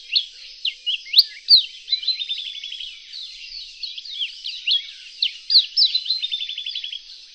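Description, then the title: Reunion olive white-eye singing sharp, high, down-slurred chirps mixed with two quick buzzy rattling trills, delivered in a steady, busy twitter. "kicau pleci reunion olive white eye"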